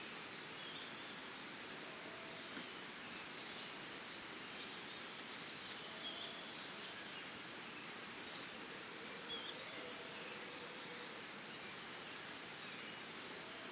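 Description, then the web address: Cricket trilling, a steady high pulsed tone over a dense background hiss. Early morning in Costa Rica, forest and jungle ambience. "Big Room Sound Birds Crickets Costa Rica Early Morning"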